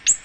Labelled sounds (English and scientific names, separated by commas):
Ovenbird (Seiurus aurocapilla) flight call